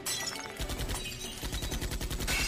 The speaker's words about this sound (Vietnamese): Theo tiếng súng bất ngờ vang lên, kính xe hơi cũng vỡ vụn theo.